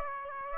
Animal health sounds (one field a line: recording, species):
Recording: mosquito wingbeat signal from an infrared sensor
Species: Aedes aegypti